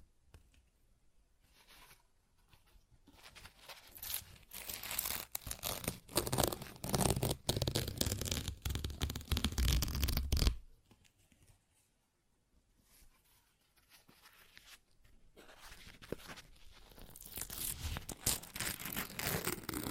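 Paper is torn and ripped, with quiet crinkling at the start building into a dense, loud run of rough tearing from about three to ten seconds. It stops abruptly, leaving near silence, then softer tearing and rustling returns toward the end.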